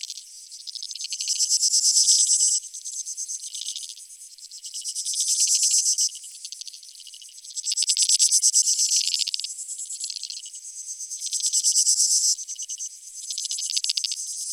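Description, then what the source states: Insect chorus of fast, buzzy high pulses, rising to loud bursts and sinking back several times, steady background of shrill trills throughout. Creek insects; field recording from Australia or Portugal, made in 2011, part of a collaborative soundwork; some recordings were left unaltered and others processed.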